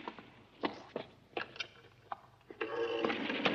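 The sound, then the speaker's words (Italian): A field telephone's hand crank is turned to call the military line, with a few sharp mechanical clicks, then breaks into a steady, buzzing ring that carries on loudly to the end. “Tento di raggiungere un telefono per chiedere ordine al colonnello.”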